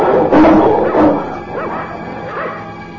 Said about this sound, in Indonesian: Singa laut itu meraung ketika ujung senjata harpun itu tepat menancap di tubuhnya.